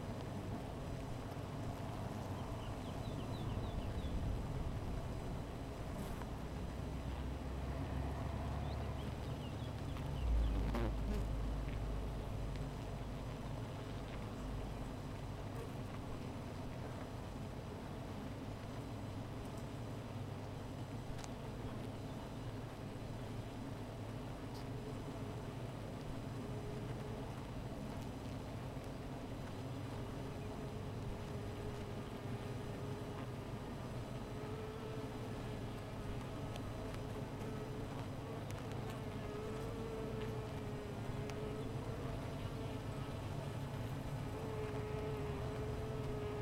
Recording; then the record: honeybee colony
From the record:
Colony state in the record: missing queen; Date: 14 July 2017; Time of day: 15:49